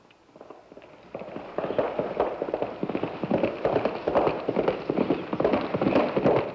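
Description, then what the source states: Horse hoofbeats: echoing clopping steps that begin faintly and grow louder, in a quick, uneven rhythm. Horse in a tunnel.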